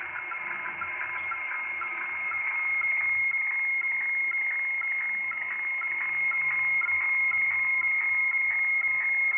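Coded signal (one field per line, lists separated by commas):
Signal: weather fax (radiofax)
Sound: steady high warbling tone with rhythmic scratchy ticks about twice a second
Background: radio static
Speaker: that chart this is boston by the way it's on the station in boston and they broadcast weather charts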